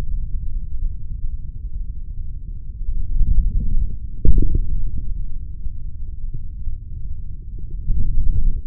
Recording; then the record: forearm muscle sounds (acoustic myography)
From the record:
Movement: forearm pronation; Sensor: system 3, bracelet of six PUI Audio POM-2738L microphones around the upper forearm, with dedicated amplification and filtering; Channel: 1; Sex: male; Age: 26 years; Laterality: right